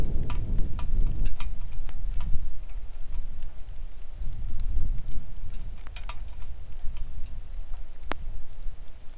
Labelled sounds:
wind
rain
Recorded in the Arctic National Wildlife Refuge, Alaska, on 3 August 2019 at 10:11
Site 41

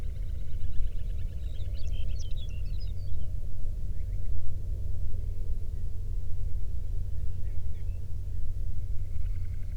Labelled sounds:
songbird
man-made sound
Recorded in the Prudhoe Bay oil fields, Alaska, on 13 June 2019 at 00:07
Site 24

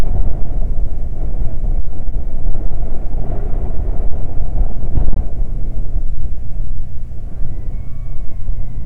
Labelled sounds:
loon
wind
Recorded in the Prudhoe Bay oil fields, Alaska, on 12 July 2019 at 00:02
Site 29

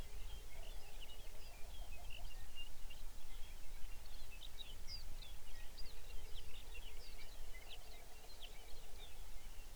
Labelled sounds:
songbird
grouse or ptarmigan
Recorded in the Arctic National Wildlife Refuge, Alaska, on 23 May 2019 at 05:25
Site 49

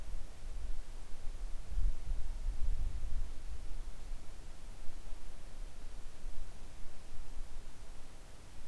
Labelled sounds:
wind
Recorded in the Arctic National Wildlife Refuge, Alaska, on 3 August 2019 at 10:39
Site 41

